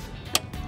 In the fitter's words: it locks into place